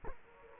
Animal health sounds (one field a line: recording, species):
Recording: mosquito wingbeat signal from an infrared sensor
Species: Culex quinquefasciatus